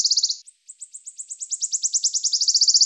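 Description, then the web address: Wood warbler song: a very high, rapid series of ticking notes that briefly pauses, then a long, dry, shivering trill that runs to the end. "Phylloscopus sibilatrix"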